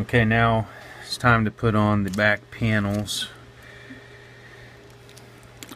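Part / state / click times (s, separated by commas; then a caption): top plastic inner back panel into smartphone frame / seated / 5.6 s. Someone talks, then while reassembling a Galaxy S7 the top plastic inner back panel (inner cover) is fitted into the phone's frame with a few faint taps. It snaps into place with a sharp click at 5.6 s, seated.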